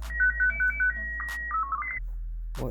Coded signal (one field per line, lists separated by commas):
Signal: SSTV (slow-scan television)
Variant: Scottie 2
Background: speech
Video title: SSTV on a Budget - Baofeng Radio and Cellphone